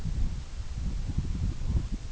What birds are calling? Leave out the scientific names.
none